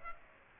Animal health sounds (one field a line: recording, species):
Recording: mosquito wingbeat signal from an infrared sensor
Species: Aedes aegypti